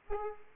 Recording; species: mosquito wingbeat signal from an infrared sensor; Aedes aegypti